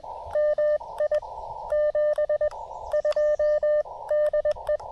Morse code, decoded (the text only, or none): MI 72 DE